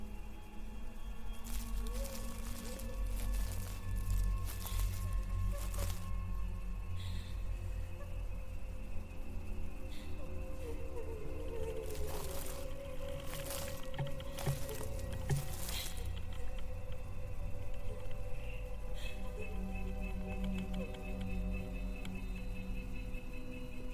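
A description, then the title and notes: Haunted cemetery ambience: a ghostly wavering, wailing voice over a steady low rumble, with sharp cracks and crackles bunching early and midway. Thai haunted cemetery ASMR Ambience เสียงบรรยากาศหลอนๆ ในป่าช้ากลางดึก. Female ghost walking around the cemetery looking for her lost baby , singing lullaby and call for help.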